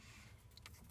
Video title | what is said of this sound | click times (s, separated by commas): Chevrolet Express Purge Solenoid | uh until you hear a click and then it'll be firm in place it won't slide off | 0.7 s